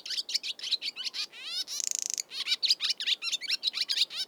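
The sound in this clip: Swallow twittering song: busy chattering notes with a dry buzzy rattle in the middle, then more rapid chirps.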